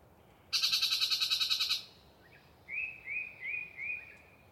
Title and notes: A Very Chatty Yellow-breasted Chat. A particularly chatty Yellow-breasted Chat provides us a long pre-Dawn soliloquy while hanging out in some deciduous coverage